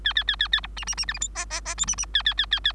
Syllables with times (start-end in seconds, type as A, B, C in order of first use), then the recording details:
0.04-0.13 A, 0.15-0.24 A, 0.27-0.36 A, 0.39-0.48 A, 0.52-0.61 A, 0.63-0.67 B, 0.76-0.85 C, 0.87-0.95 C, 0.97-1.05 C, 1.08-1.13 D, 1.14-1.19 E, 1.21-1.29 F, 1.35-1.45 G, 1.50-1.61 G, 1.65-1.75 G, 1.77-1.86 H, 1.87-1.96 C, 1.98-2.06 C, 2.14-2.23 A, 2.25-2.34 A, 2.37-2.46 A, 2.51-2.60 A, 2.64-2.73 A. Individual Bird3